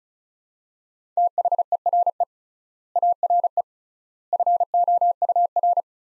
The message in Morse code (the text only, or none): THERE ARE FOUR